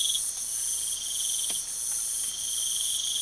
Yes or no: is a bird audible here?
no